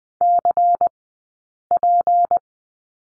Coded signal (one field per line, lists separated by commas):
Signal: Morse code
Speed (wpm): 20 wpm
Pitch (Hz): 700 Hz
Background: none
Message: CP